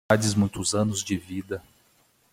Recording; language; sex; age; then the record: short text; Brazilian Portuguese; male; 40 to 49 years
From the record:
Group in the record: control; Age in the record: 45 years